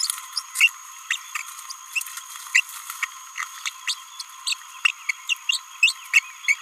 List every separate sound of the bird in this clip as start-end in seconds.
0.36-0.43, 0.57-0.69, 1.11-1.17, 1.96-2.01, 2.55-2.60, 3.03-3.05, 3.38-3.44, 3.66-3.69, 3.88-3.94, 4.20-4.24, 4.47-4.55, 4.85-4.91, 5.09-5.11, 5.29-5.34, 5.49-5.62, 5.83-5.96, 6.13-6.22, 6.47-6.55